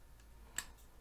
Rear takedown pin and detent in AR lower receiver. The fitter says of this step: now it should be locked in place there we go